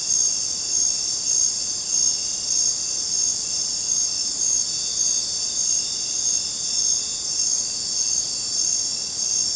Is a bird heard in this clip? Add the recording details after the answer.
no. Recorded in dense forest near Puerto Asís, Putumayo, Colombia, on 22 June 2025 at 19:30. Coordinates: 0.484, -76.317. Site G045